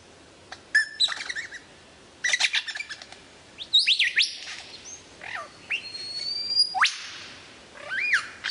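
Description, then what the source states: Lyrebird song: scattered bright whistles, buzzy bursts and clicks, a long rising whistle and looping slurred notes, with pauses between phrases. Song variations.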